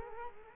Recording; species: mosquito wingbeat signal from an infrared sensor; Culex quinquefasciatus